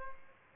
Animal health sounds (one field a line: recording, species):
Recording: mosquito wingbeat signal from an infrared sensor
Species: Aedes albopictus